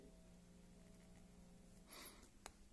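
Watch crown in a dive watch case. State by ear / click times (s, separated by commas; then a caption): released / 2.5 s. The unscrewed crown of a dive watch is pulled out through its two detent positions, with a sharp click at 2.5 s as it reaches position. A brief rustling burst comes just before, over a steady low hum, and the crown is released out to its first and second positions.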